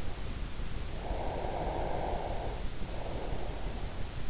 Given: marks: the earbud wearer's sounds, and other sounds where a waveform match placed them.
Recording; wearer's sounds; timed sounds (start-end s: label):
sounds in sleep by an in-ear microphone; breath
0.93-3.85 s: breath